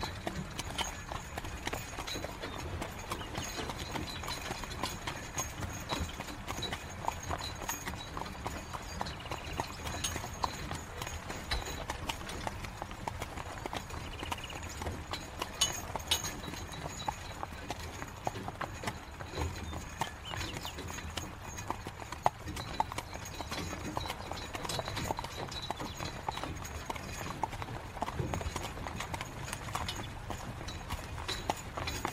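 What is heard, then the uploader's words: A horse-drawn carriage rolls steadily along, hooves clip-clopping in a quick, even rhythm over a low rumble of wheels and faint voices. Carriage.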